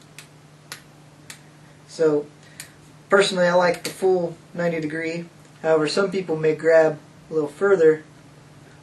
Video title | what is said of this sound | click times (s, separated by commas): Liberator ST from First-Light-USA | You can hear the click as it snaps into place. | 0.2 s, 0.7 s, 1.3 s